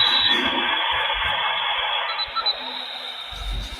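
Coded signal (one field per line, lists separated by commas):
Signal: dial-up modem handshake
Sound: steady broadband rushing hiss of a modem, no dial tones or beeps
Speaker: yeah i found this here this is connecting with aol 4.0 the dial-up sound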